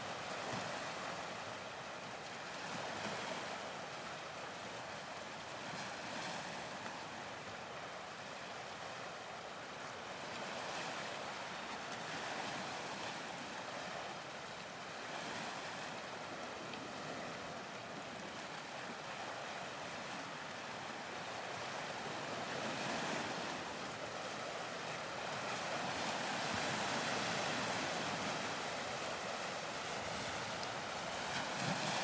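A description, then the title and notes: Steady surf washes near the shipwreck on the Cyprus coast, a dense bright hiss swelling gently with wind, waves rising slightly louder near the end. Edro III shipwreck, Cyprus. The Sierra Leone-flagged EDRO III ran aground off Pegeia. Recorded by Marcel Gnauk.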